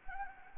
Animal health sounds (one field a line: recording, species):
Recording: mosquito wingbeat signal from an infrared sensor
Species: Anopheles gambiae